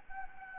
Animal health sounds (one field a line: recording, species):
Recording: mosquito wingbeat signal from an infrared sensor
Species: Anopheles gambiae